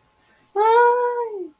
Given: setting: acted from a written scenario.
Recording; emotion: vocal sound without words; distress